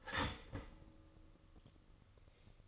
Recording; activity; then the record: daily activity, microphone in the room; start toaster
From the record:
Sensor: 4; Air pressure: 1008.1 hPa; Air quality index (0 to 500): 104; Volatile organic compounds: 1 ppm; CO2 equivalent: 774 ppm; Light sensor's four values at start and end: 9/20/8/8 and 9/21/8/8